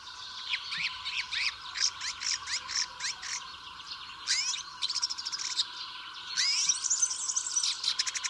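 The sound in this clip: Birds chirping in a dense chorus, fast repeated high notes with short rising whistles and a burst of rapid trilled chatter toward the end.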